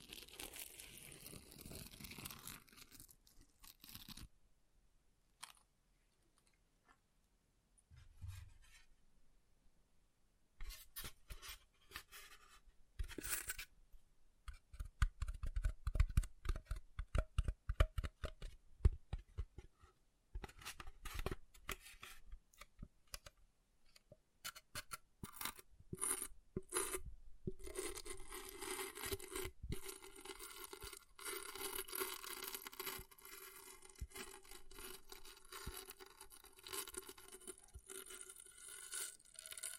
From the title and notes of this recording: ASMR Brain Melting Object Scratching (No Talking).